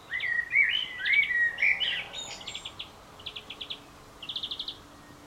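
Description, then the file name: Common blackbird: rich fluty warbling notes, then three short bursts of rapid high chittering notes trailing off through the second half. "Turdus merula"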